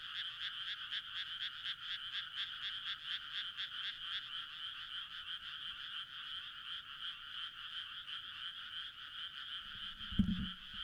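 Frogs calling in rapid, pulsing croaks repeated several times a second, with a brief low thump near the end.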